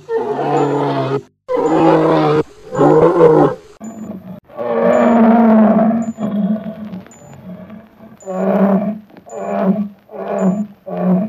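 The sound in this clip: Bear roaring and growling in deep, harmonic bursts, several long roars followed by shorter grunting calls, with faint regular high ticks in the background.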